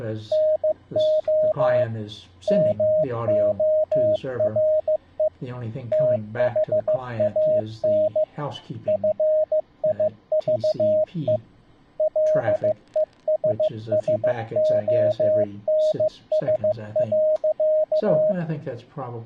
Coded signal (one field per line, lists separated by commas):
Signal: Morse code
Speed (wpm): 15 wpm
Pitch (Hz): 620 Hz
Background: speech, radio noise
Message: NO MORE THAN FIVE LESSONS.